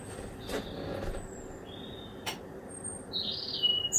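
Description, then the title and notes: Bird offering scattered high whistled notes, quieter at first and fuller near the end, amid a few sharp clicks and a faint hum. Recorded at 1 am through a kitchen window. "Birdsong Recorded From My Kitchen Window At 1 Am by Speculativism"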